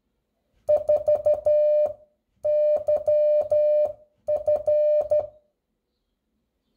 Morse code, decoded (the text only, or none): 4YF